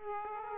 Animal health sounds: mosquito wingbeat signal from an infrared sensor; Aedes aegypti

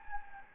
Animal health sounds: mosquito wingbeat signal from an infrared sensor; Anopheles gambiae

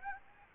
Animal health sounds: mosquito wingbeat signal from an infrared sensor; Aedes aegypti

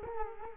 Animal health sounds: mosquito wingbeat signal from an infrared sensor; Culex quinquefasciatus

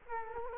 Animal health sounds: mosquito wingbeat signal from an infrared sensor; Culex quinquefasciatus

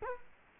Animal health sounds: mosquito wingbeat signal from an infrared sensor; Culex quinquefasciatus

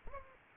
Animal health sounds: mosquito wingbeat signal from an infrared sensor; Anopheles arabiensis

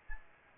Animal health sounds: mosquito wingbeat signal from an infrared sensor; Aedes albopictus

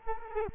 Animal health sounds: mosquito wingbeat signal from an infrared sensor; Culex quinquefasciatus

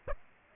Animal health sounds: mosquito wingbeat signal from an infrared sensor; Aedes aegypti

